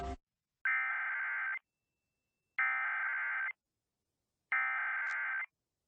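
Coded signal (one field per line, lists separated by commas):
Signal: Emergency Alert System (SAME) tones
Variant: header bursts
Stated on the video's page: Real tornado warning activation broadcast over a TV station's viewing area, interrupting regular programming.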